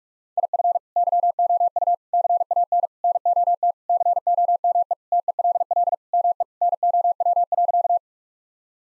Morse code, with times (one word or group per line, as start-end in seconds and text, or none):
0.4-0.8 IF
1.0-1.9 YOU
2.1-2.9 CAN
3.0-3.7 NOT
3.9-4.9 COME
5.1-5.9 TELL
6.1-6.4 ME
6.6-8.0 NOW.